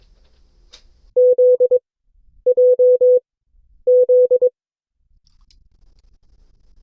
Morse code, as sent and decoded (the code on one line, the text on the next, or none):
--.. .--- --..
ZJZ